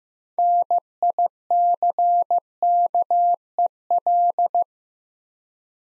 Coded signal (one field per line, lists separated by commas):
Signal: Morse code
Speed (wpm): 15 wpm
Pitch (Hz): 700 Hz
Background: none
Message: NICKEL